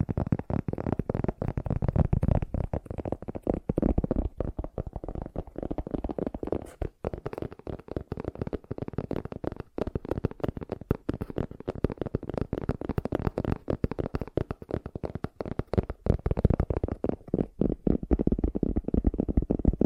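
Fast tapping runs without pause for the whole twenty seconds, a dense, rapid stream of soft, dull knocks. The taps sit low and muffled, with little brightness, and the rhythm stays busy and uneven throughout, with only brief gaps around seven and ten seconds.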